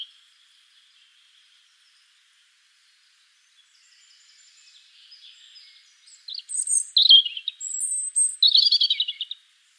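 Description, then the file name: European robin singing. A faint thin note opens, then a quiet gap, then a burst of high tinkling notes and buzzy trilled twitters in the final few seconds. "Erithacus rubecula"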